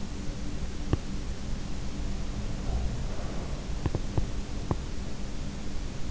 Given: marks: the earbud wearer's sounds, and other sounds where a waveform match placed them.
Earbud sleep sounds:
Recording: sounds in sleep by an in-ear microphone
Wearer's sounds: teeth grinding, breath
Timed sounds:
0.65-1.23 s: teeth grinding
2.28-4.16 s: breath
4.62-5.08 s: teeth grinding

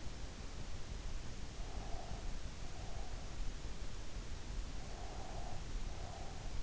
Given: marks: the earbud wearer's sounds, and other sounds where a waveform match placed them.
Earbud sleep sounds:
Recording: sounds in sleep by an in-ear microphone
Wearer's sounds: breath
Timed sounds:
1.48-3.43 s: breath
4.82-6.40 s: breath

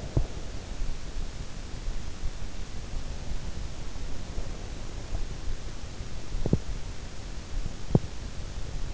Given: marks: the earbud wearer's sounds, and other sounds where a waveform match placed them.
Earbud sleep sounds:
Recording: sounds in sleep by an in-ear microphone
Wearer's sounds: teeth grinding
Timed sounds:
0.00-0.44 s: teeth grinding
6.35-8.11 s: teeth grinding

